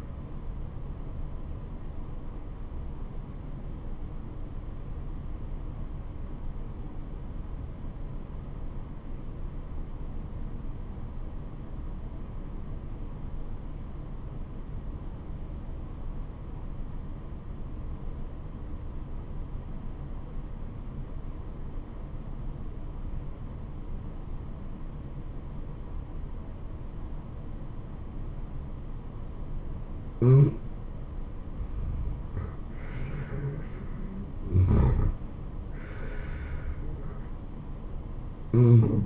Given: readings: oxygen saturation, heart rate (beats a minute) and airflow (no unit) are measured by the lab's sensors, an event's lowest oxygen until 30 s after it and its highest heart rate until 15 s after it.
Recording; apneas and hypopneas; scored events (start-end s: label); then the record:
breathing in sleep by a smartphone at the bedside; 1
3.00-32.70 s: obstructive apnea (N2, oxygen 95% highest, then 80% lowest, heart rate 69 at the start, 75 highest)
From the record:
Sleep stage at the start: N2 (light sleep); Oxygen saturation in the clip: 79 to 95%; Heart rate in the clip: 64 to 75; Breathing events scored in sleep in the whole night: 426 in 7.4 hours asleep